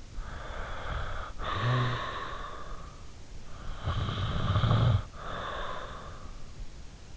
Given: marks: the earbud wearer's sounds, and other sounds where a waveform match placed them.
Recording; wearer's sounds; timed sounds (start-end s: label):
sounds in sleep by an in-ear microphone; breath, snoring breath
0.20-2.94 s: breath
3.40-6.43 s: snoring breath